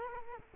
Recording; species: mosquito wingbeat signal from an infrared sensor; Culex quinquefasciatus